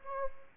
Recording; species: mosquito wingbeat signal from an infrared sensor; Anopheles gambiae